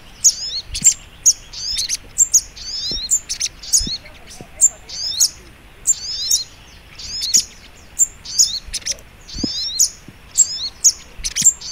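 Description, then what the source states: Little spiderhunter song: bursts of very high, thin, twittering notes with quick up-and-down slurs, repeated in short phrases, with faint low ticks beneath. Training recording (masteran) of the sogok ontong song style called labaik.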